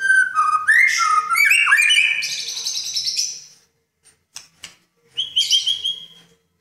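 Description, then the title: Oriental magpie-robin song of rich, varied whistled phrases sliding up and down, then a pause and a short burst of high chirps. "Kicau Kacer"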